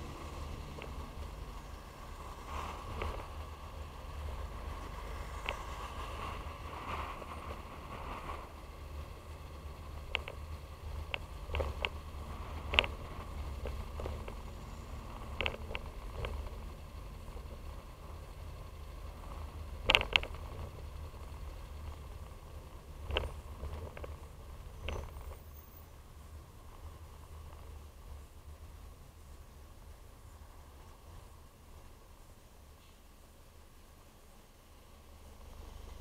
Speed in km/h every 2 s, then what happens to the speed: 29, 34, 32, 32, 32, 32, 31, 29, 29, 27, 26, 26, 19, 16, 10, 8, 3, 2.
21-33 slows to 2. 33-36 standing.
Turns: none.